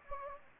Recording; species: mosquito wingbeat signal from an infrared sensor; Anopheles gambiae